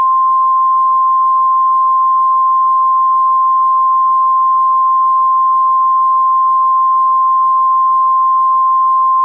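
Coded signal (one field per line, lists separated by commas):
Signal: Emergency Alert System (SAME) tones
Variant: 1050 Hz attention tone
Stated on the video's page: Fictional, lighthearted EAS scenario.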